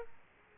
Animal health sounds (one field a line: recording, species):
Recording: mosquito wingbeat signal from an infrared sensor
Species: Aedes aegypti